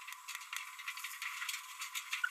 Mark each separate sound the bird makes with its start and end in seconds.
2.24-2.28